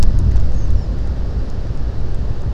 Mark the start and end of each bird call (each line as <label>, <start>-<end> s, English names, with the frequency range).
European Pied Flycatcher (4.7-7.7 kHz), 0.54-0.87 s